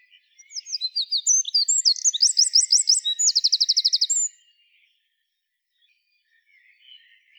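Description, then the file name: Eurasian wren song: a vigorous, high, rapid series of varied notes merging into a fast, buzzy trill, about four seconds long, then near silence with faint chirps. "Troglodytes troglodytes"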